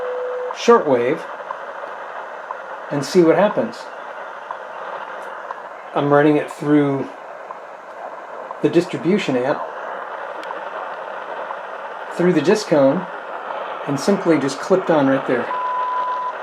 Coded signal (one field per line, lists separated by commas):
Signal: radio time signal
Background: speech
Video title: Filtering FM for Better Shortwave? ISS SSTV Put to the Test!